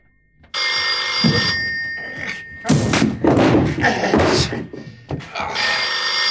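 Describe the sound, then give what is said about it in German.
A telephone bell rings unanswered in long, steady bursts, its bright metallic tones interrupted by a stretch of heavy thumps and clattering before the ringing resumes loudly at the end. “Es klingelt seit 3 Minuten.”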